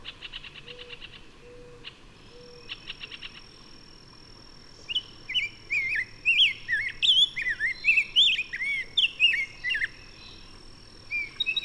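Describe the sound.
Bird song: a varied warbled phrase of looping whistles over the second half, preceded by short pulsed bursts and a few low hums.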